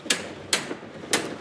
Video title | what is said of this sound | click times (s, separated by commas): Installing the Pace Edwards UltraGroove Retractable Hard Tonneau Cover on a 2024 Ford F-150 | So, you see this guy is coming in. It locks into place. | 0.1 s, 0.5 s, 1.1 s